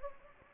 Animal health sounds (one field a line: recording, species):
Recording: mosquito wingbeat signal from an infrared sensor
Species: Anopheles gambiae